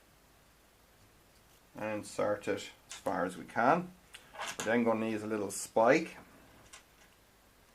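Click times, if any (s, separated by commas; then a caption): none. A crimped ground terminal pin for pin 1 is picked up and lined up at its cavity in the wiring connector housing of a Tesla 18.5 kW Gen 3 charger, ready to be inserted and pushed home with a spike. Someone talks through most of the clip, and a brief faint tap sounds at about 6.7 seconds. Nothing has seated or clicked yet.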